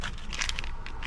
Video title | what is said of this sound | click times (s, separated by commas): Kia Sorento clock springs replacement | So those clips connected, and | 0.5 s, 0.6 s